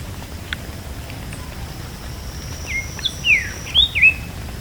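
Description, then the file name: Bird: after a quiet stretch with a faint click, a rapid phrase of whistled slurred notes near the end, over a steady high whine. "SABIOD bird 2015"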